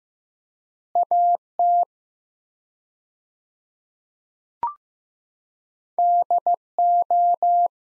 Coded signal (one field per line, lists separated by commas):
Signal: Morse code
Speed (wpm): 15 wpm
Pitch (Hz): 700 Hz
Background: none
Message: AT DO